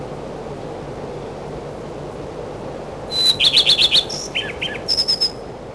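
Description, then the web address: Common redstart song after a quiet start: a thin whistled note, a rapid stuttering trill, then brief scratchy and whistled endings. In spring. "vremena vesna gorihvostka lisushka"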